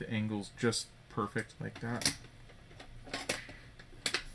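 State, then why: Not seated. Someone talks while handling an angled plastic Lego element on the Mickey Mouse build from the Lego Disney Mickey Mouse and Minnie Mouse set (43179), with a few brief plastic taps near 3.3 and 4.1 seconds. The part is still being handled and angled into position; nothing has seated or clicked into place yet.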